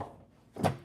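A stowed folding third-row seat in a 2026 Carnival LX is pulled up by its tether out of the floor well and pushed back until its seat-back latch locks into the floor/body striker. A faint low rumble fades, then a solid thunk lands at 0.7 s. The seat is latched upright.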